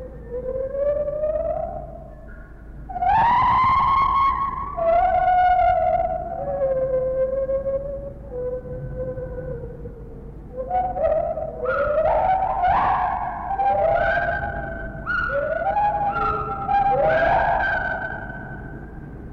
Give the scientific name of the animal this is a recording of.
Hylobates lar